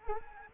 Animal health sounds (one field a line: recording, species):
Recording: mosquito wingbeat signal from an infrared sensor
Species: Anopheles arabiensis